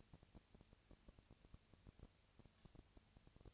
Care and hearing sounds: daily activity, microphone in the room; no activity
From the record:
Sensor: 2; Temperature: 20.3 degrees Celsius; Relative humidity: 37.0%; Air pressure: 998.7 hPa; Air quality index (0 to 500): 236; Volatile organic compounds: 38 ppm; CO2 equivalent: 3110 ppm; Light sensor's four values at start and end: 2/3/2/2 and 2/3/2/2

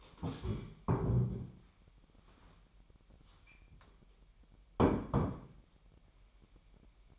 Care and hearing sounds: daily activity, microphone in the room; stand up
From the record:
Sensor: 1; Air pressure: 998.6 hPa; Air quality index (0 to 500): 123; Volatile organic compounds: 3 ppm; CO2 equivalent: 1466 ppm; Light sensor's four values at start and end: 10/23/10/11 and 9/21/9/10

